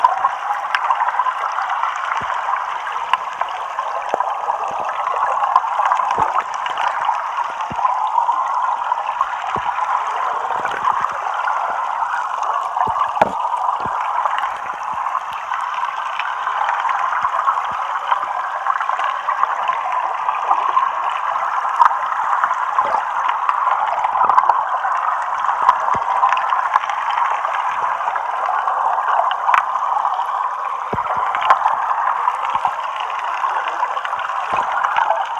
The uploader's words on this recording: Relax to the underwater sounds of a stream in Pasadena, CA. I recorded this with a homemade hydrophone connected to a ZoomH6.